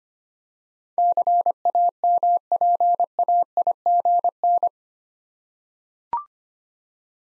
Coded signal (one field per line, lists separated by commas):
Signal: Morse code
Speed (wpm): 25 wpm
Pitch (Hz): 700 Hz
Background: none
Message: CAMPAIGN